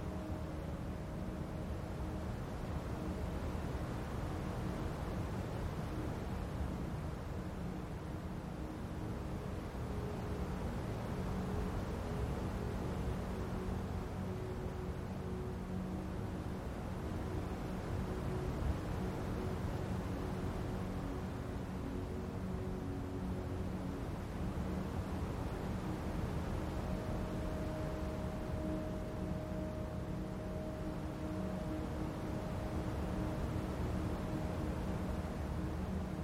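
A steady, low whirring hum like a humidifier runs unbroken throughout, with faint sustained mid tones drifting in and out beneath it.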